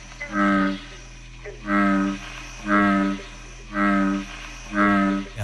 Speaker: Dit is de Amerikaanse stierkikker wat je hoorde.